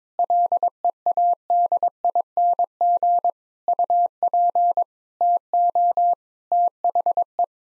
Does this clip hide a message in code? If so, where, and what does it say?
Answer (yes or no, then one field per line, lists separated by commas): yes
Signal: Morse code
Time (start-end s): 0.2-7.4 s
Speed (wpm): 22 wpm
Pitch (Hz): 700 Hz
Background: none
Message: LEADING UP TO THE